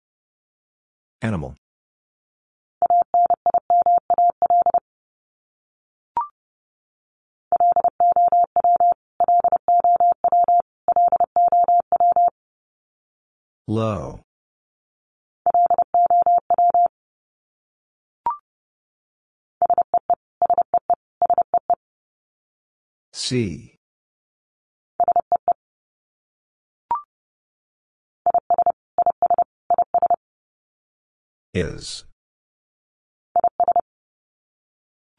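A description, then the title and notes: A single steady mid-pitched tone keys on and off in quick Morse dots and dashes, the same word repeated three times. Sharp sweeping whooshes separate the repetitions, and faint clicks sit in the gaps. Silence fills the rest. Top 200 Words Repeated 30wpm. First, the word is sent three times in Morse code.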